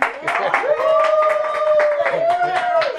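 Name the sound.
audience clapping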